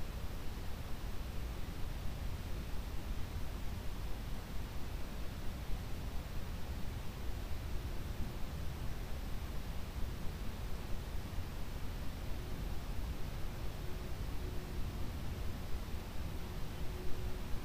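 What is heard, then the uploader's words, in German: Forest rushing blended with green and white noise, a steady, dense hiss that never changes over the whole stretch. The sound is full and heaviest in the low end, with a soft airy top. A faint thin tone hovers in the middle throughout. Waldrauschen Grünes und Weißes Rauschen.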